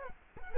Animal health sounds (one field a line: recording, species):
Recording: mosquito wingbeat signal from an infrared sensor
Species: Culex quinquefasciatus